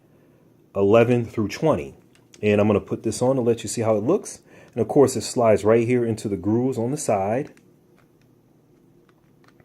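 Someone talks while a plastic comb guard is slid along the grooves on the side of a beard trimmer head. The guard has not locked into place, and nothing has clicked yet.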